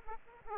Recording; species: mosquito wingbeat signal from an infrared sensor; Aedes aegypti